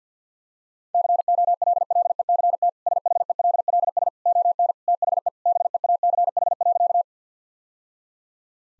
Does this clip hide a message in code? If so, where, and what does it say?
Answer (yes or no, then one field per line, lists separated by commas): yes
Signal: Morse code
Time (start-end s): 0.9-7.0 s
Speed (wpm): 50 wpm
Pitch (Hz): 700 Hz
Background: none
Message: COLLECT SHELLS ON THE BEACH.